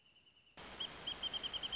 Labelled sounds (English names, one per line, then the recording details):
Wrentit
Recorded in Sonoma County, California